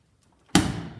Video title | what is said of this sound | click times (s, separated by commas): Dad Replaces Battery in Chamberlain MyQ Smart Garage Control | until it clicks that's how you change the battery thanks for watching everybody | 0.6 s